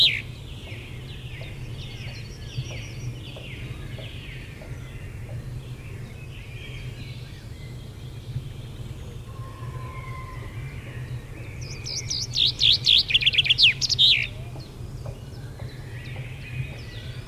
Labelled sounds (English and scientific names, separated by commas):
Common Chaffinch (Fringilla coelebs) song